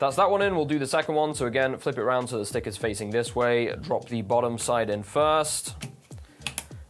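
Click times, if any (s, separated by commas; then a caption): 6.5 s, 6.6 s. Someone talks while a second DDR4 memory stick is turned around, dropped bottom-side first into a motherboard DIMM slot, and pressed down firmly with both hands. Two sharp clicks are heard at 6.5 s and 6.6 s as the module seats in the slot and is installed.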